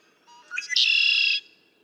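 Red-winged blackbird song: a faint note, a stuttering lead-in, then a strong rasping trill held for about half a second.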